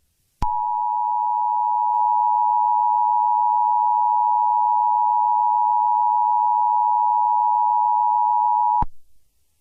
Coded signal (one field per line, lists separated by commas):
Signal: Emergency Alert System (SAME) tones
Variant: 853 and 960 Hz attention tone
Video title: Eas Mock Scenario: Black Fog